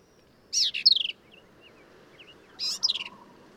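Black-capped vireo giving two brisk phrases of sharp, down-slurred squeaky notes about two seconds apart, with a few soft faint chirps between them.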